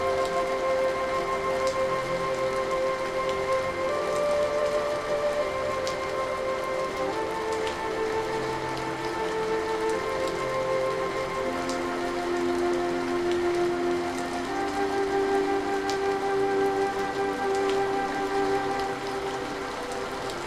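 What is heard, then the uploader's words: Steady, dense rain patters throughout, with scattered brighter drop ticks. Underneath, soft sustained music holds long tones that shift slowly every few seconds, mid-pitched and smooth. The loudness stays even from start to finish, with no distinct events. Rain’s Melodic Grace With Gentle Rain Sounds & Relaxing Music. Piano, Rainstorm. Relaxing music, piano, rain sounds and white noise.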